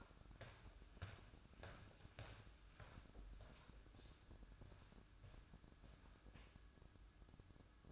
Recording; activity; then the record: daily activity, microphone in the room; walk to room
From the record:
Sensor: 2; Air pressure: 1008.1 hPa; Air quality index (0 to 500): 118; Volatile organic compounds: 1 ppm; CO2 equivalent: 878 ppm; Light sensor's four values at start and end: 8/20/8/8 and 8/20/8/8